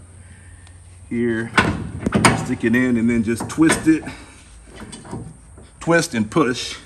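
Someone talks while inserting the twist-lock connector on a Blue Ox Avail RV towbar setup (10,000 lb capacity) with a 2022 Ford Maverick Hybrid base plate, then twisting and pushing it so its spring pin can lock in place. Brief handling sounds are heard around the talk. Nothing has seated or clicked yet.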